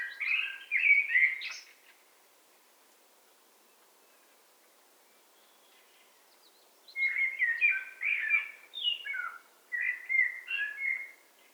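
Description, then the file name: Eurasian blackbird singing rich, fluty warbled phrases, a pause of about five seconds, then further mellow whistled phrases broken into short, varied notes. "Turdus merula"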